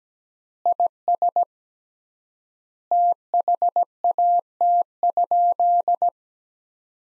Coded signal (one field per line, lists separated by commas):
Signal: Morse code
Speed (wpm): 17 wpm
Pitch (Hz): 700 Hz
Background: none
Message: IS THAT?